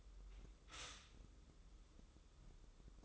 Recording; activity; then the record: daily activity, microphone in the room; stop toaster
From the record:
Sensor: 3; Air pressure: 995.2 hPa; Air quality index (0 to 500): 74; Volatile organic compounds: 5 ppm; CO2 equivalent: 1737 ppm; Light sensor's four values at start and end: 18/55/23/20 and 18/55/23/20